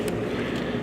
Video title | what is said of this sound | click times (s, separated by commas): Installation Video For 2025 BMW 330i Non M-Sport W/ACC | push it till it clicks into place and you're all done | 0.1 s